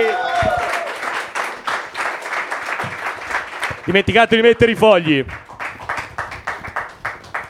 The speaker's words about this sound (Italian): Quindi allontanati e insieme a me vi chiedo un grandissimo applauso per me.